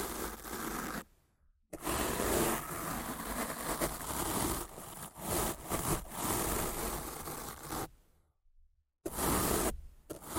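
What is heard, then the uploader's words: Rough scratching and brushing against a microphone fill the clip with dense, gritty noise that sweeps and rubs unevenly from low thuds to bright hiss. The sound cuts to silence briefly around one second and again near eight to nine seconds. ASMR Rough Mic Scratching & Brushing (No Talking).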